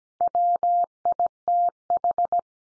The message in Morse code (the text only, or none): WITH